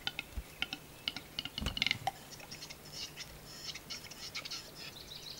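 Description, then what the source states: Western capercaillie display song: dry clicks quickening into a rattle, a hollow pop at two seconds, then a rapid scratchy whetting phrase. Display (lekking song, Hungarian 'dürgés') recorded in the Czech Republic.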